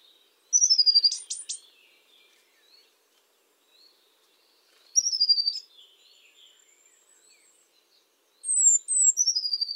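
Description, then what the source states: Eurasian blue tit song: high, thin opening notes dropping into a rapid trill, three phrases; one phrase includes a few sharp clicky notes. Recorded by the Elbe.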